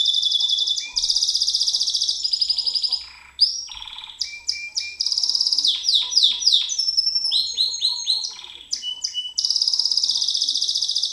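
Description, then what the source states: White-eye pouring out rapid high twitters, with downward-slurred notes and dense buzzy trills running almost without a break. Song in the ngerol ngalas style, a long continuous rolling song.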